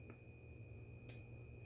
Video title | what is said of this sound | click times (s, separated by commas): Disassemble Picked Lock - American padlock 1100 SERIES | You hear everything clicking. Now it's locked in. | 0.1 s, 1.1 s